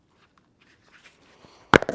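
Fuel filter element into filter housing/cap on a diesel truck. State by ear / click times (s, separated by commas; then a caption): seated / 1.7 s. A new fuel filter element is pressed down into the filter housing cap of a 3.0L diesel 2024 GMC Sierra 1500 AT4X. After faint handling noises, it pops into place with a sharp snap at 1.7 s, followed by a couple of smaller clicks. The element is seated in the housing.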